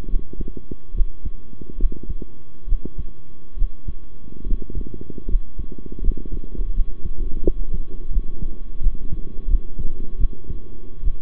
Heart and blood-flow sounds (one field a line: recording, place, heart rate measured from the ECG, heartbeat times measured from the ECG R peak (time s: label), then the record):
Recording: heart sounds by stethoscope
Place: between the tricuspid and mitral areas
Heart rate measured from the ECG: 77 bpm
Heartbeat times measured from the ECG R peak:
0.07 s: heartbeat
0.93 s: heartbeat
1.77 s: heartbeat
2.66 s: heartbeat
3.56 s: heartbeat
4.45 s: heartbeat
5.27 s: heartbeat
6.01 s: heartbeat
6.73 s: heartbeat
7.42 s: heartbeat
8.10 s: heartbeat
8.80 s: heartbeat
9.47 s: heartbeat
10.18 s: heartbeat
11.03 s: heartbeat
From the record:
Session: rest, sitting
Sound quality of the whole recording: good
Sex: male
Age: 23 years